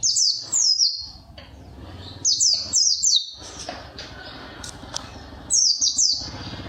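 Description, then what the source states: White-eye song: short groups of high, falling chirps repeated over steady low background noise. Pleci (white-eye) songs; the song style is described as ngalas ngeroll.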